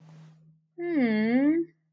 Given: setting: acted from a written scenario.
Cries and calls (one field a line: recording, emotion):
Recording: vocal sound without words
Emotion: confusion